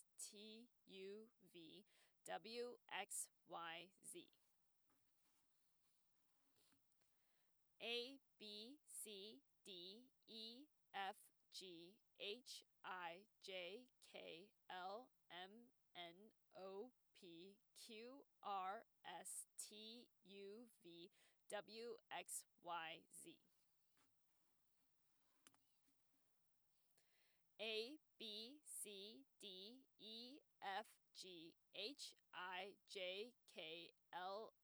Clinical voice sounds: letters of the alphabet, spoken; free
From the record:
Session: first day, before the bite bar

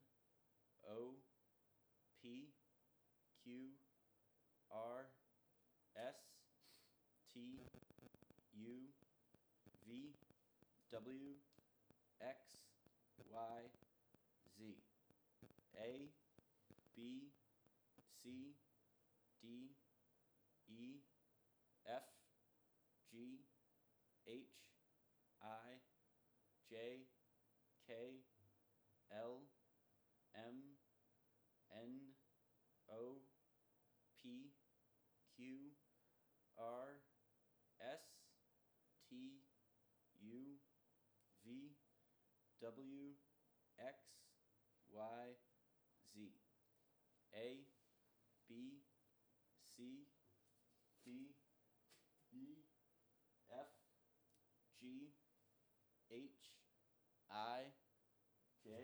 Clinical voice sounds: letters of the alphabet, spoken; free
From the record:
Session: first day, before the bite bar

